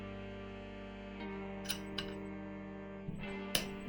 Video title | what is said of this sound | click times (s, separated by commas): LEGO Halloween Barn and SEGA Controller | That was a satisfying click. | 3.6 s